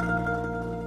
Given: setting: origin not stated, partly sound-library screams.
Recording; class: one-second piece from a danger detection set; normal situation